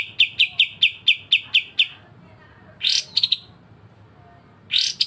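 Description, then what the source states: Streaked spiderhunter song: a run of evenly spaced high chips, a pause, then harsh, burry high bursts with short chip clusters. Bird recorded singing in full, clear, long bouts (gacor); intended as a training recording (masteran) for birds.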